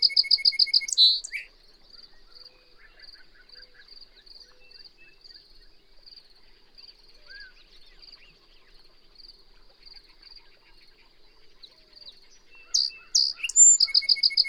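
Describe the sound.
Bird song bursts at the start and end: rapid high repeated notes and chirps, with a long quiet gap between holding only faint, steady high pulsing.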